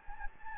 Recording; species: mosquito wingbeat signal from an infrared sensor; Anopheles gambiae